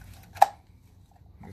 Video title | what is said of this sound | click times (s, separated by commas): BMW B58 Oil Change DIY | put it until it clicks look | 0.4 s